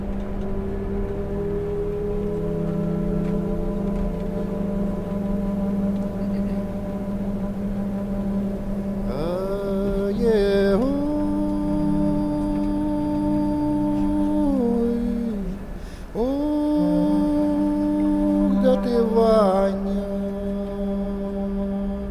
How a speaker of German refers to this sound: Der Bus in die Ukraine fährt mittlerweile auf der Autobahn zwischen Dortmund und Unna.